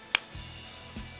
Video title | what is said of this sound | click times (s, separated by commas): Folkart Fish 2 | the cap until you hear it snap it | 0.2 s